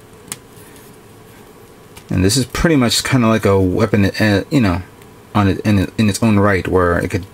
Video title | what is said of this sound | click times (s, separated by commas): *GundamCustom* MG Gundam Epyon - Part 8 | It these parts will lock into place the minute you do this and you push it in slightly. | 0.3 s